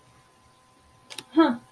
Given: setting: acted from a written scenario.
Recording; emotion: vocal sound without words; neutral